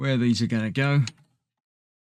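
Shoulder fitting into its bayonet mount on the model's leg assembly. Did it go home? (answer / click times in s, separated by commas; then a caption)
no / none. Someone talks for about a second while handling a plastic shoulder fitting for a Fanhome 1:2 scale R2-D2 model kit, about to be pushed and twisted onto its bayonet mount on the leg assembly. The clip then falls silent, and the fitting has not seated or locked yet.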